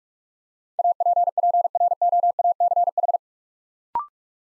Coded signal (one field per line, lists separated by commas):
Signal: Morse code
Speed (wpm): 47 wpm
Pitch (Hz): 700 Hz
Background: none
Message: APPROACH